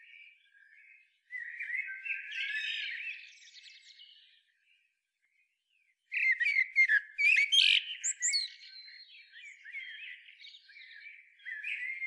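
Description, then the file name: Eurasian blackbird song: a quieter warble, then a silent gap, then a louder run of quick sharp chirps and twitters followed by softer notes. "Turdus merula"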